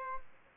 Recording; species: mosquito wingbeat signal from an infrared sensor; Aedes albopictus